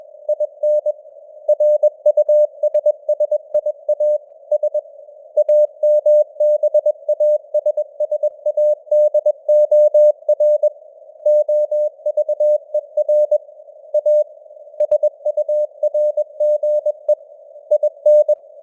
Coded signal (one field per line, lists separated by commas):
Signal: Morse code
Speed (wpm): 21 wpm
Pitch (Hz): 600 Hz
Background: none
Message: IN RUSSIA S AMBASSADOR OVER A SURGE IN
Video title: Morse Code News | 2025-12-13 | 21wpm